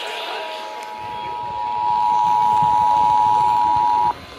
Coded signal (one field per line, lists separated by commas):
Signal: Emergency Alert System (SAME) tones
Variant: 853 and 960 Hz attention tone